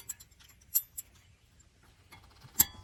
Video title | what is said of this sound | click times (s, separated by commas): Front Caliper Replacement For 2009-2023 Nissan Maxima | You hear it click into place. | 2.6 s